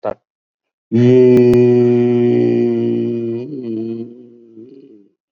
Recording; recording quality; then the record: sustained vowel as in beet; excellent, no background noise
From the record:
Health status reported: exposed to COVID-19, no respiratory illness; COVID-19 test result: negative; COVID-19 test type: RT-PCR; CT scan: taken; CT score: 5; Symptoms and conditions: cough, cold, sore throat, fatigue, loss of smell and taste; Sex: male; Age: 65 years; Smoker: yes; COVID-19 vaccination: both doses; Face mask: worn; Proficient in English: no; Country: India